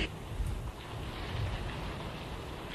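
Steady heavy rain hisses across the whole stretch with a soft, low rumble beneath, easing off slightly in loudness early on and then holding at a gentler, even patter. No voices.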